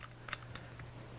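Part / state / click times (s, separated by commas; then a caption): trigger spring into its groove in the pistol frame / not seated / none. A steel trigger spring is being worked back into its little groove in a Glock pistol frame, producing a few light metallic ticks and scrapes around 0.0, 0.3, 0.6 and 0.8 seconds over a low steady hum. The spring has not snapped into place or seated yet.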